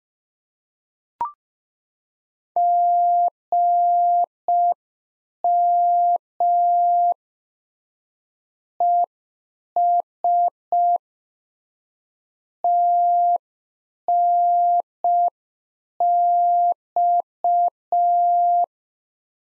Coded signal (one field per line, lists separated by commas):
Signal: Morse code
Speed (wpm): 5 wpm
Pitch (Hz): 700 Hz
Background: none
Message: GM ES TNX